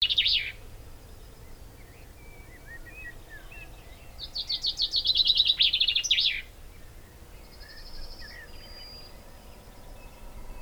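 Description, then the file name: Common chaffinch song: after the tail of an earlier song, a rattling series of notes ending in a sharp flourish, with faint chips and thin high notes around it. "Fringilla coelebs"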